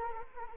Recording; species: mosquito wingbeat signal from an infrared sensor; Anopheles arabiensis